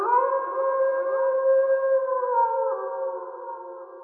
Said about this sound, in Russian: Вторил волчий вой за окном.